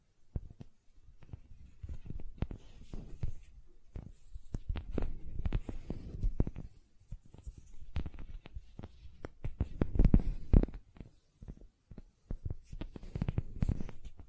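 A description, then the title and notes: Gentle silicone sounds: soft, low taps and squishy presses arrive in irregular bunches across the whole fourteen seconds, with brief quiet gaps between them. A denser, slightly louder cluster comes around ten seconds, and a faint airy rustle sits beneath the handling. ASMR Gentle Silicon Sounds for Sleep (No Talking).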